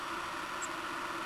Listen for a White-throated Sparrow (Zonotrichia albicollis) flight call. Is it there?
no